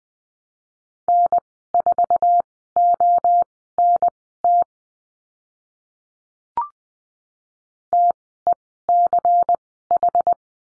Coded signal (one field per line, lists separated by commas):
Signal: Morse code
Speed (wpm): 20 wpm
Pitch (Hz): 700 Hz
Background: none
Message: N4ONT TECH